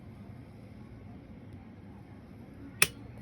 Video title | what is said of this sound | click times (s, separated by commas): Honda CT90 K0 "Trail 90" Assembling the Clutch Side of the Engine - more broken parts and I speak.. | there's my click all right so there we go seven newton meters on those that's all done | 2.8 s